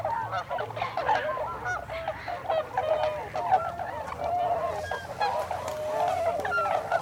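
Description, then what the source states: Tundra swan flock giving a steady stream of overlapping hooting honks, with a low steady hum underneath. Several birds, recorded 26 December 2020.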